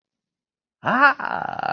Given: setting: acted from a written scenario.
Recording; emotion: vocal sound without words; ecstasy